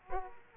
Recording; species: mosquito wingbeat signal from an infrared sensor; Aedes aegypti